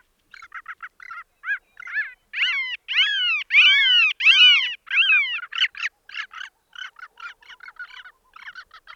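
Bird giving a steady run of calls: short notes that build into louder, downslurred harmonic calls, then trail off into softer, quicker notes.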